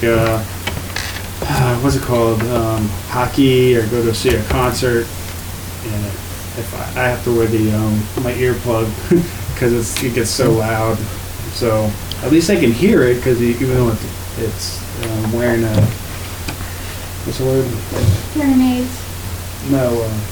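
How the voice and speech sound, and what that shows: An adult man speaks haltingly, with long pauses, drawn-out 'um' fillers, a stalled 'what's the word?' and a wrong word he then rejects ('hearing aids. No.'). These word-finding failures fit aphasia. A steady low hum runs underneath.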